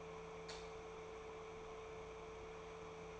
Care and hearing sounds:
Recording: daily activity, microphone in the room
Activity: light on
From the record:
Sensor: 1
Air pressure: 1014.8 hPa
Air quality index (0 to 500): 189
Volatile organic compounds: 20 ppm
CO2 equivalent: 2674 ppm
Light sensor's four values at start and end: 33/83/35/43 and 37/98/41/48

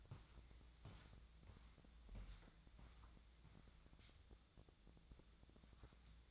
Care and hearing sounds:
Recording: daily activity, microphone in the room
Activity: walk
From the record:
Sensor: 3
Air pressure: 1012.2 hPa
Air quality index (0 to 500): 186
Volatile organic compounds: 3 ppm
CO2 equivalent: 1422 ppm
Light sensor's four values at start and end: 56/147/64/68 and 56/148/64/68

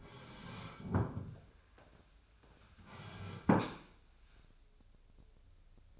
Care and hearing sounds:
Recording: daily activity, microphone in the room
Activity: sit down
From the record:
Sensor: 2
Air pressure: 1015.2 hPa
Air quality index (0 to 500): 173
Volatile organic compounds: 10 ppm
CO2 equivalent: 2256 ppm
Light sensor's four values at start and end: 12/34/13/15 and 12/34/13/15

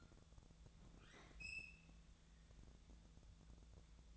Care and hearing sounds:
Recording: daily activity, microphone in the room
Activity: open fridge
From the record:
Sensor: 3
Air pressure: 1000.1 hPa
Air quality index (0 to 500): 130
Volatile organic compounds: 2 ppm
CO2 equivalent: 1164 ppm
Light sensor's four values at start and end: 43/110/46/51 and 43/109/46/51

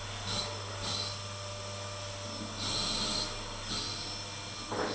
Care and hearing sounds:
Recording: daily activity, microphone in the room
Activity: vacuum cleaning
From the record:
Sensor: 4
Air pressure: 992.6 hPa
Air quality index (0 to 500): 146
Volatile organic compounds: 94 ppm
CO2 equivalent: 3712 ppm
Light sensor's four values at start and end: 18/62/23/23 and 18/62/23/23

